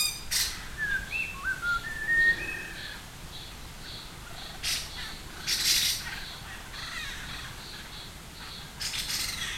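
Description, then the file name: Buffy laughingthrush giving a few clear whistled notes, some rising, with a few short, harsh, noisy bursts, mostly after the whistles. "laughingthrush-buffy Garrulax-berthemyi"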